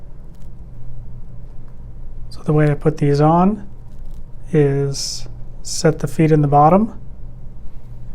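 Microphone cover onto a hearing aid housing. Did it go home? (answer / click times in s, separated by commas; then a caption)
no / none. A small plastic microphone cover is lined up on a Starkey Muse iQ hearing aid housing, its top end at the receiver opening and its feet set in the bottom first, while someone talks over a low background hum. There are faint handling ticks near 0.4 s and 1.7 s and a brief sharper one at 2.3 s. Nothing has clicked or seated yet; the cover is only positioned before being pressed home.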